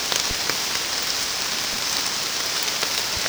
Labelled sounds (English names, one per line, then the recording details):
none
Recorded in secondary vegetation near Puerto Asís, Putumayo, Colombia, on 27 June 2025 at 16:30
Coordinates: 0.484, -76.319
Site G074